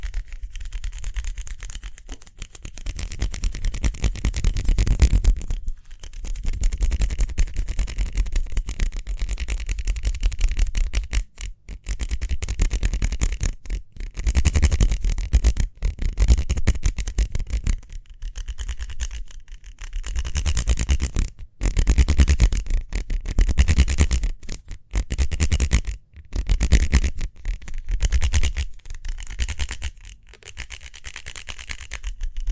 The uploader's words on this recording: ASMR Speedy Hand Sounds (No Talking).